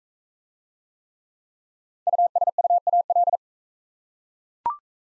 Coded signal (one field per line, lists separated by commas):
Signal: Morse code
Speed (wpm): 43 wpm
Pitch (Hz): 700 Hz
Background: none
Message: USUAL